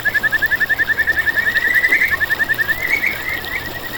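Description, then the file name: Kajika frog calling with a fast pulsed trill near one pitch, strong at first and then softer and wavering toward the end, over a steady background hiss. "buergeri"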